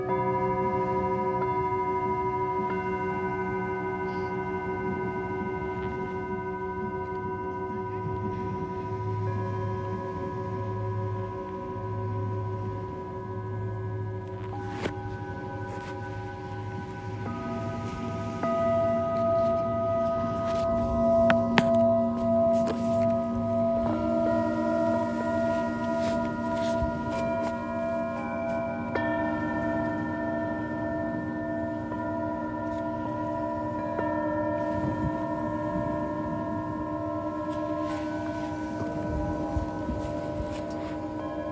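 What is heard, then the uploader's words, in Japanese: Singing bowls ring in a sound healing session, long sustained tones layered and overlapping, with new bowls struck every few seconds, notably around 17, 24 and 29 seconds. The ringing stays steady, warm in the low range with bright shimmering overtones, and a faint low wobbling pulse near the start. 秋分メキシコから シンギングボウルのサウンドヒーリング。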